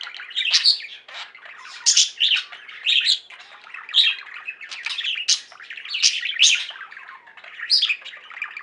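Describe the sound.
Budgerigar chatter, busy scratchy warbling with frequent sharp high chirps and squawks, steady and unbroken throughout.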